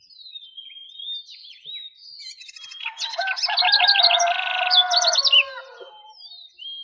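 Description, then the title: Songbird song, whistled slurred notes building into a loud burst of rapid chattering and buzzy trills, then trailing off into soft whistles. "LuckyPassaros CompletosSama"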